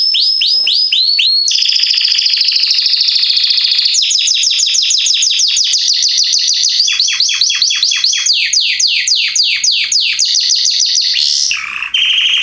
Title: Canary Training Esquente Seu Filhote E Canario Belga Em 30 Minutos Macho Cantando Muito. Canrio Belga Salsa cantando muito forte